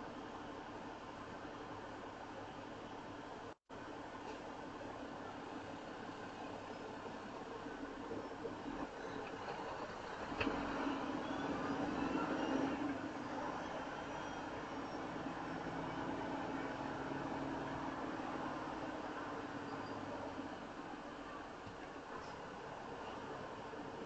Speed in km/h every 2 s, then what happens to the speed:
0, 0, 0, 0, 5, 10, 10, 11, 11, 10, 6, 0.
0-7 standing. 7-10 pulls away to 10. 10-17 steady at about 10. 17-24 slows to 0.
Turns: 12-18.